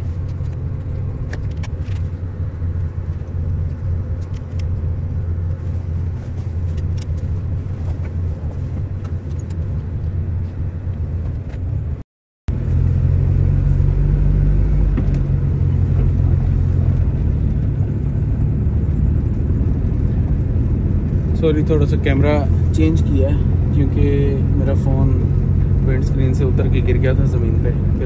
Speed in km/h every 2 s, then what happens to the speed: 0, 0, 0, 0, 3, 10, 13, 14, 16, 17, 19, 20, 20, 20.
0-7 standing. 7-12 pulls away to 13. 12-28 steady at about 17.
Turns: none.